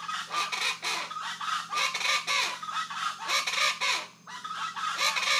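Rufous-vented chachalacas giving a loud, rhythmic chorus of harsh, grating notes, rapidly repeated in pulsing bursts.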